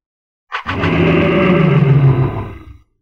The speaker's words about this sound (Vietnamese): Trên đường đuổi theo, Hàng Lập lại lần nữa hóa thành thân kim mao cự viên, gầm lên mãnh liệt.